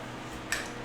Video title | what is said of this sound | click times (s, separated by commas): Un Watercooling tout neuf ! | Ah, bon. Ça se clipse. Ça se clipse. | 0.5 s